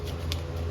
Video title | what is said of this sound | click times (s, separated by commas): Chevy 2500HD fuel pump with the new plug and a filter. This is the easiest way to do replace it. | hear that put a little safety on | 0.3 s